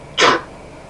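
A single short, sharp sneeze from an adult.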